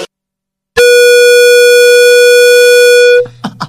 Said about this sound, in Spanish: Metes el mayor bocinazo.